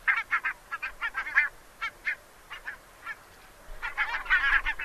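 Bird: goose-like honking calls, nasal and harsh, repeated in quick bursts with a short lull near the middle before a denser run of overlapping honks.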